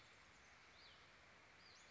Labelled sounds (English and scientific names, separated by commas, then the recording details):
Western Flycatcher (Empidonax difficilis)
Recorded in Sonoma County, California